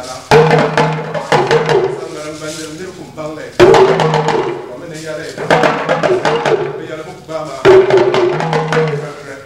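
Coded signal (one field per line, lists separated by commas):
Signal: talking drum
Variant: Dagomba (Dagbani) drumming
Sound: resonant drum strokes in irregular phrases, low pitched tones sustaining and bending slightly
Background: live stage performance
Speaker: Let's listen to the talking drum.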